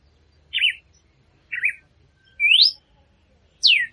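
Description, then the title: Red-cowled cardinal giving four whistled notes, two short burry ones then a rising and a falling slur, over a faint low hum. Female red-cowled cardinal singing to stimulate the male. "Canto Galo Campina Fêmea. Fêmea de Galo de Campina Cantando para Foguear o Macho"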